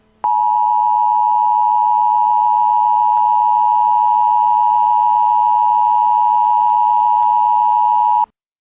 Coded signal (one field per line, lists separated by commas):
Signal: Emergency Alert System (SAME) tones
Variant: 853 and 960 Hz attention tone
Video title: Emergency Alert System Informational Message